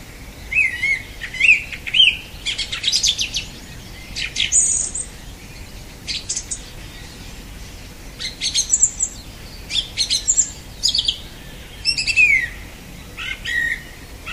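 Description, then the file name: Song thrush song: loud varied phrases of whistles, high squeals and scratchy notes, some motifs repeated, broken by short silences. "Golosa ptic - Pevchij drozd"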